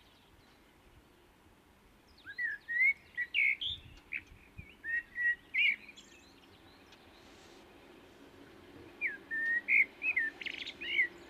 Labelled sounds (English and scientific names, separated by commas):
Common Blackbird (Turdus merula) song